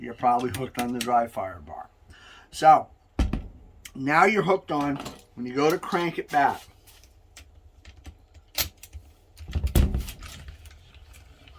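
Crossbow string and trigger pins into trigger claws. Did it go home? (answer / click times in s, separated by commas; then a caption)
yes / 9.8 s. Someone talks while a TenPoint AcuSlide crossbow is cocked with its crank, with a few short sharp clicks in between. At 9.8 s a louder click is heard as the string latches: the pins hook onto the claws of the trigger assembly, and the crossbow is seated and cocked.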